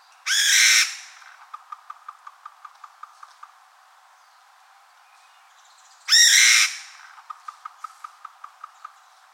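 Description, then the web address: Chinese bamboo partridge giving loud rasping calls twice, each trailed by a rhythmic run of quick clicking notes, with quiet pauses between. Recorded 29 June 2015. "birdenaga kojukei 150629"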